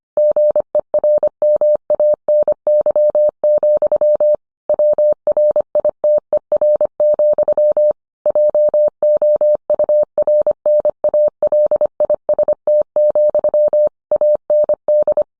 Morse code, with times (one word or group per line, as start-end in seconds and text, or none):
0.2-4.3 GERMANY,
4.7-7.9 WRITER,
8.3-13.9 JOURNALIST,
14.1-15.2 AND